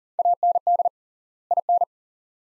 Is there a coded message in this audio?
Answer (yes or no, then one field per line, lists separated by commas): yes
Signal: Morse code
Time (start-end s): 0.2-1.8 s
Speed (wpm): 40 wpm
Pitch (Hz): 700 Hz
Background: none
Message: AND IN